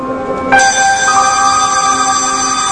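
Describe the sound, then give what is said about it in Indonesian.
A school dismissal bell rings loudly and continuously, a bright, buzzing electronic tone that jumps to a higher, fuller pitch after a moment and then holds steady without pause. “Lalu, bel pulang pun berbunyi.”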